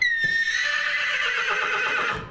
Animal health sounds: contact call of a hoofed animal; horse; whinny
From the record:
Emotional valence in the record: negative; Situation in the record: separation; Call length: 2.3 s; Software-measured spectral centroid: 2790 Hz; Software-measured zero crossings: 3890 a second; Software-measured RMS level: -24 dBFS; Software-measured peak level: -10 dBFS

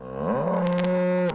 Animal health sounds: contact call of a hoofed animal; cattle; low-frequency (closed-mouth) or high-frequency (open-mouth) call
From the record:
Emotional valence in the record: negative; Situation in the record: full separation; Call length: 1.35 s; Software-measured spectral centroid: 2420 Hz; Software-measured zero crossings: 890 a second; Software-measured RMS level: -24 dBFS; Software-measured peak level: -12 dBFS

